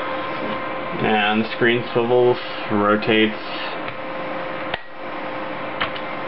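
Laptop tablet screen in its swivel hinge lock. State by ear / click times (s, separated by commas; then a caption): seated / 4.7 s. A Thinkpad X61 tablet's convertible laptop screen is rotated on its swivel hinge while someone talks, with a faint scraping rub underneath. At 4.7 s, a small, sharp tick sounds as the tablet screen swivel locks into place, followed by a quieter tap near 5.8 s.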